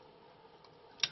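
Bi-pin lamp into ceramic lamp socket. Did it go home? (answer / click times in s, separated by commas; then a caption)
yes / 1.0 s. A bi-pin lamp for a WAC Lighting HR-423 recessed downlight is lined up with its ceramic socket and pushed in. After a faint tick at about 0.6 seconds over low background noise, one sharp snap at 1.0 seconds marks the lamp seating in the socket.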